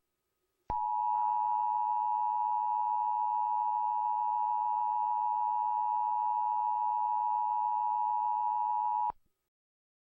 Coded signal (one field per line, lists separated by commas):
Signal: Emergency Alert System (SAME) tones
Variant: 853 and 960 Hz attention tone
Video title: Eas mock: GET OUT OF MY CAR NOW! (Helped by Rj the greatest 3)